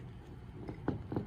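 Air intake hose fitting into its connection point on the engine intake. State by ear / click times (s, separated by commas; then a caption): not seated / none. A plastic fitting on a new rubber air intake hose for a 2000 Toyota Camry is being pushed toward its connection port on the engine intake. Low rumbling handling noise is broken by short knocks at about 0.9, 1.1 and 1.2 seconds. Nothing has seated or clicked yet.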